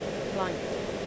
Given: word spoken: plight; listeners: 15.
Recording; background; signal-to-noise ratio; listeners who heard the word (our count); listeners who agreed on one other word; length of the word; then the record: one English word in noise, from a listening test; speech-shaped noise; -4.3 dB; 1 of 15; 6 of 15; 0.66 s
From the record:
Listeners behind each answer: 6, 1, 1, 1, 1, 1, 1, 1, 1, 1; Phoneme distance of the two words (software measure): 7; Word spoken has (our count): 1 syllable, 4 phonemes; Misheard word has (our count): 1 syllable, 3 phonemes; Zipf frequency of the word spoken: 3.52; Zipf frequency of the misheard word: 5.28